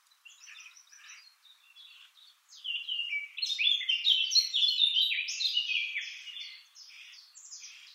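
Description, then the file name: Eurasian blackcap: a few quiet notes, then a loud, rapid, rich warble from about two and a half seconds, with softer notes at the end. "Sylvia atricapilla"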